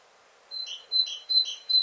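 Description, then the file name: Great tit giving four quick two-part notes, a thin high tone followed by a lower one. "Parus major"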